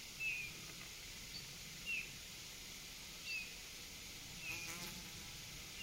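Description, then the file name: Eurasian bullfinch giving soft, short, down-slurred piping whistles, repeated roughly every one and a half seconds, over a steady hiss. "Pyrrhula pyrrhula"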